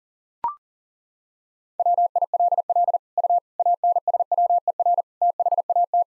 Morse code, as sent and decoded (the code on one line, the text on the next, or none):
.-- .. .-.. .-.. / ..- / .- -. ... .-- . .-. / - .... .- -
WILL U ANSWER THAT